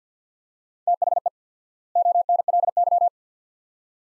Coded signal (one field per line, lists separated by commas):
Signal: Morse code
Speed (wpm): 50 wpm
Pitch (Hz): 700 Hz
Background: none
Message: THE ONLY